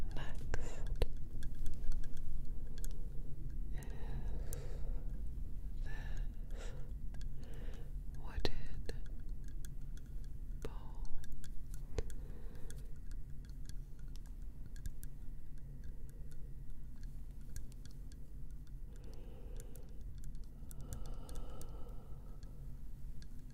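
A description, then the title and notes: Gentle tapping and scratching on wood, with irregular soft clicks over a low steady rumble, busier early and quieter toward the end. ASMR gentle Wood Triggers - tapping & scratching.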